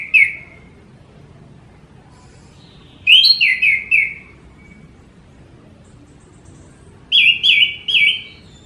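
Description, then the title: Orange-headed thrush song: short bursts of one to four descending slurred whistles, separated by silent gaps of a few seconds. Strongly singing champion bird. "Suara Burung Anis Merah Gacor Teler Doyorng Juara"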